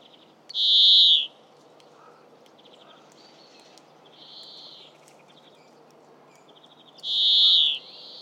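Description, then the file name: European greenfinch calling with long, buzzy wheezes, one early and one near the end, and quiet twittering notes in between against low steady noise. "Chloris chloris"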